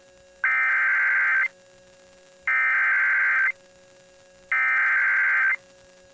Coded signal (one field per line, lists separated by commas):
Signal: Emergency Alert System (SAME) tones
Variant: header bursts